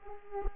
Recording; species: mosquito wingbeat signal from an infrared sensor; Aedes aegypti